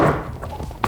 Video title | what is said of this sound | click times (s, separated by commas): Modernize Your E90 BMW With This Headlight Upgrade! | it's not clicking | none